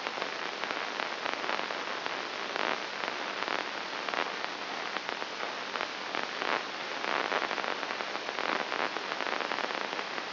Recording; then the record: brain microelectrode recording played as sound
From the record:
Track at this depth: inside the subthalamic nucleus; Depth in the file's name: 1.901 mm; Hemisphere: right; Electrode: 3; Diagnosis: Parkinson's disease